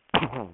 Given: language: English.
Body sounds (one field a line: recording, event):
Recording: throat vibration sensor signal played as sound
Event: cough